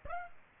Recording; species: mosquito wingbeat signal from an infrared sensor; Aedes aegypti